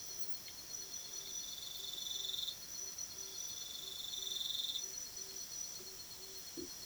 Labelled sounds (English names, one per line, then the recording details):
none
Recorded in pastures near Puerto Asís, Putumayo, Colombia, on 19 February 2024 at 05:00
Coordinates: 0.497, -76.327
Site G7276